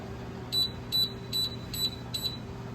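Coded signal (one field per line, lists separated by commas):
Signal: beep code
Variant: Hoshizaki ice machine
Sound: five quick high-pitched chirpy beeps about 0.4 seconds apart over a steady hum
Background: machine hum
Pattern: 5 short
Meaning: Five beeps is the machine's error code, here triggered via the float switches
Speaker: we could look up what five is but I just caused that by doing this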